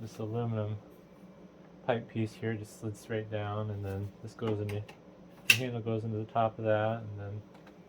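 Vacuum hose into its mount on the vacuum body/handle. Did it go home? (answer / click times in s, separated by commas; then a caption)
no / none. Someone talks while assembling a Shark Navigator ZU62 upright vacuum, with the aluminum pipe slid straight down and the handle fitted onto its top. The plastic hose end is being handled toward its mount on the handle and pipe, with faint handling noise under the speech. The clip ends before the hose goes home; nothing has seated or snapped into place yet.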